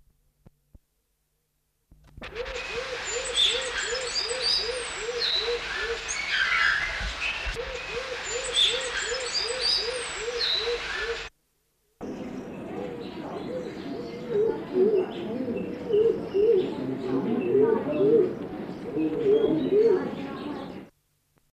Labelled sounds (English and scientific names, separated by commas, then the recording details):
Black-naped Fruit Dove (Ptilinopus melanospilus) call
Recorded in captivity
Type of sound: call
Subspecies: melanospilus
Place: Vogelpark Walsrode, Niedersachsen, DE
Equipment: Halbspur, 9,5 cm/s
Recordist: Lütgens, Hans
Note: Rufe